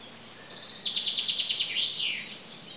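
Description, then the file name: Common chaffinch song: a series of high notes breaking into a rhythmic trill and ending with a loud downward flourish. "Fringilla coelebs"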